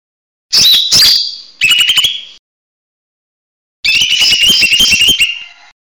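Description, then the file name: Leafbird song: two loud whistled slurs, then rapid buzzy rattling trills, a pause, and a longer harsh trilled burst. For training songbirds; song style named "tembakan besetan". "audio cucak hijau mini tembakan besetan omkicau"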